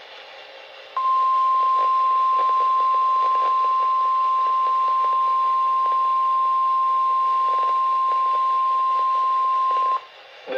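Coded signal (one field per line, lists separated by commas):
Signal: Emergency Alert System (SAME) tones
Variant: 1050 Hz attention tone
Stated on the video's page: Severe thunderstorm warning for Montgomery, Waller and Harris Counties, Texas, issued by the National Weather Service Houston/Galveston.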